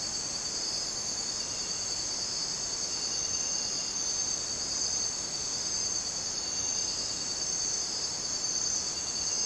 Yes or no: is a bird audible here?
no